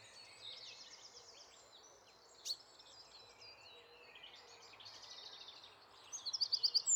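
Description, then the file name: Eurasian wren calling: faint high buzzy trills through most, then a loud burst of quickly repeated sharp high notes near the end. "Troglodytes troglodytes"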